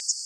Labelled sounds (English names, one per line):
Common Yellowthroat flight call